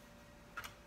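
The tabs of the plastic cover on the back of a Dell 23 Model 5348 Series all-in-one desktop computer are aligned, and the cover is pressed down during a hard drive replacement. Over a low, steady background hum, a sharp, bright tick sounds at 0.6 s, followed closely by a second, softer tick. The cover tabs snap home and the cover is seated.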